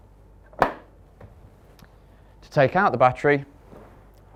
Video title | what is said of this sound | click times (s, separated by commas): Unboxing The Allett Cambridge 35 and 43 Battery Powered Cylinder Mower | votre batterie et branchez-la directement dans la machine jusqu'à ce qu'elle s'enclenche. | 0.6 s